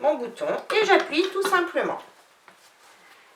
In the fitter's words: maintenant sous l'appareil je positionne bien il y a un petit clic